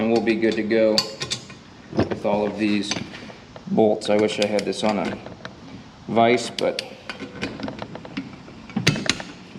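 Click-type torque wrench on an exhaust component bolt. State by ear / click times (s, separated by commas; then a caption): torque reached / 8.9 s. Someone talks while tightening bolts on an exhaust/EGR component of an L5P Duramax diesel with a click-type torque wrench and extension set to 18 ft-lbs, with light metallic ratcheting and handling sounds. A sharp click at 8.9 s shows the wrench has reached 18 ft-lbs on the bolt.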